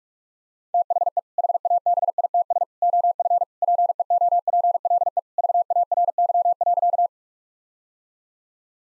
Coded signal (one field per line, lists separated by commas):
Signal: Morse code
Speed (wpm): 46 wpm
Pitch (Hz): 700 Hz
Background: none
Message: THE HABITS OF PEOPLE VARY.